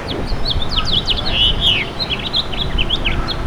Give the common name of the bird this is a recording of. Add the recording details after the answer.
House Finch. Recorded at Bay Shore on Long Island, New York, on 29 May 2013. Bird G